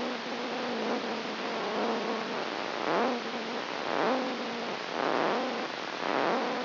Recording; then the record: brain microelectrode recording played as sound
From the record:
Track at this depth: inside the subthalamic nucleus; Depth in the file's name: 2.931 mm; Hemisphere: left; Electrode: 3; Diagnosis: Parkinson's disease